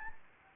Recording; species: mosquito wingbeat signal from an infrared sensor; Anopheles gambiae